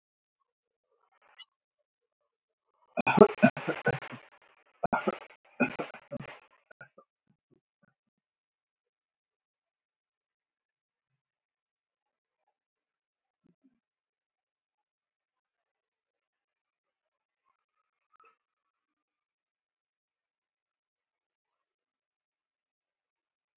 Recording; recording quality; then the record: sustained vowel as in boot; poor, much background noise or distortion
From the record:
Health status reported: healthy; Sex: male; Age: 31 years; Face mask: worn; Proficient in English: yes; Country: India